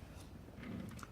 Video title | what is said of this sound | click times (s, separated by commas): How to Remove the developer unit on a Toshiba e studio 5520c-6520c | it just snaps right into place, just like that. There's nothing to it. | 1.0 s